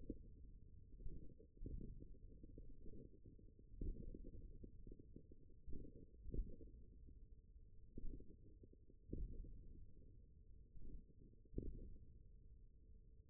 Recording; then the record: forearm muscle sounds (acoustic myography)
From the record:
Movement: index flexion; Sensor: system 1, eight BSWA MPA416 microphones around the upper forearm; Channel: 3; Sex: male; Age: 41 years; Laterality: right